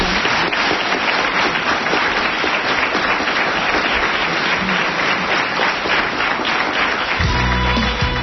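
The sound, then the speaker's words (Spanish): Loud, sustained applause from a crowd at the close of a discussion gathering, a dense steady patter of many hands clapping that continues for several seconds before a low musical tone enters near the end. “Y yo creo que este aplauso, el último de esta tertulia, es para vosotros por este trabajo tan extraordinario que estáis haciendo.”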